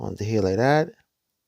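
A small plastic passenger-side view mirror, held by a magnet, is being put back onto the door of a 1/18 scale McLaren P1 model car after being broken off. Someone talks for about a second, then the clip falls silent. Nothing has seated or clicked yet.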